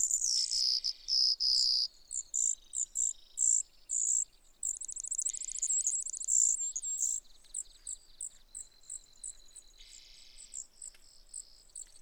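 Brewer's sparrow, a high song of shifting trills and buzzes at changing speeds, ending in a series of thin repeated notes.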